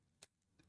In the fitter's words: there you go. So that's a satisfying click, and I'm supposed to lock it right now.